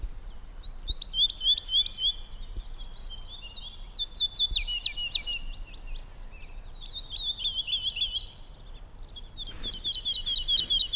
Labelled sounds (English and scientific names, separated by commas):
Wood Lark (Lullula arborea) song